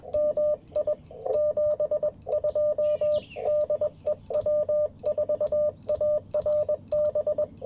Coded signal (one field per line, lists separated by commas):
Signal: Morse code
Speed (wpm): 21 wpm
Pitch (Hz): 590 Hz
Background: radio noise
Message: MI 72 DE W4ARB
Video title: Morning Morse Code - 09/17/2024